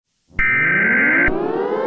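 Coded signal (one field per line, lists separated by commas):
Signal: Emergency Alert System (SAME) tones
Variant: header bursts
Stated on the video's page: Fictional EAS scenario.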